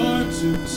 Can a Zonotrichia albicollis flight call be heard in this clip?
no